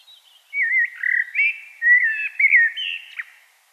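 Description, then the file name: Common blackbird giving a continuous mellow warble of looping fluted notes for about three seconds, closing with a thin high squeak. "Turdus merula"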